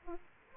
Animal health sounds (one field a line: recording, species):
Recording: mosquito wingbeat signal from an infrared sensor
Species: Aedes aegypti